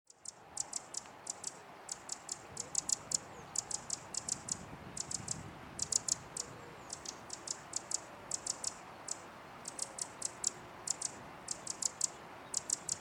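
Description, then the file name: Eurasian wren calling: hard, dry ticking notes given in quick clusters of two to four, repeated steadily throughout against a faint background hiss. "Troglodytes troglodytes"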